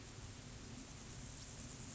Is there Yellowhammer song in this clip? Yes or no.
no